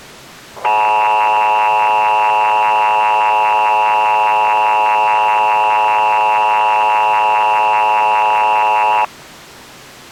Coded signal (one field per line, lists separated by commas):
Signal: Emergency Alert System (SAME) tones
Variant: 853 and 960 Hz attention tone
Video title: [ZOMBIE EAS / ANALOG HORROR] CODA: REBOOTED - MVT. 2: CRESCENDO